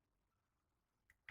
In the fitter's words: boom locks into place